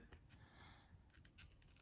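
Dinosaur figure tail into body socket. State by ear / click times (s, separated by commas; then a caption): not seated / none. The plastic tail of a Hammond Collection Parasaurolophus figure from The Lost World: Jurassic Park is lined up with the notch and pushed toward the body socket. Only soft plastic handling and rubbing with a few faint, light ticks are heard. Nothing has seated or clicked yet.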